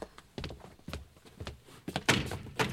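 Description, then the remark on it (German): A heavy iron door of a garage being rattled and knocked: a string of dull, booming thuds at an uneven pace, with the loudest metallic bangs coming toward the end and no voices. “Na, Tür ist aus Eisen.”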